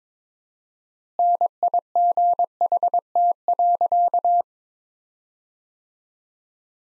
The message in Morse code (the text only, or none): NIGHT.